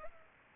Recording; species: mosquito wingbeat signal from an infrared sensor; Culex pipiens